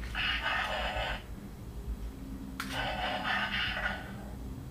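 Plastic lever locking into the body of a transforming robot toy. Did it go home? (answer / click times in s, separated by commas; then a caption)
yes / 2.6 s. A plastic lever on a Transformers Dark of the Moon Leader Class Bumblebee robot toy is pulled down. Two bursts of bright electronic, music-like toy sound play from about 0.1 to 1.2 seconds and again from about 2.6 to 4.2 seconds. A sharp hit is heard at 2.6 seconds as the lever locks down in place in the toy's body.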